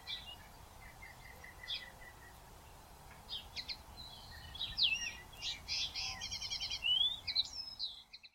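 Common linnet: soft, evenly spaced chirps at first, then a lively twittering run of trills and twangy whistled notes.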